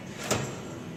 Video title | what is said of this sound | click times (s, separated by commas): Eagle R2B2 Run Video | before you can move the machine away you do need to release the brake you'll hear it click you are then free to move the machine | 0.3 s